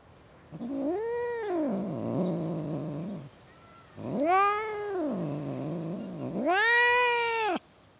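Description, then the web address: Domestic cat yowling in three long, drawn-out wails, each rising then falling in a moaning arch, with short quiet gaps between them. Cats, more than one, in a suburban garden. "BBC Sound Effects Library Cats Cats In A Suburban Garden"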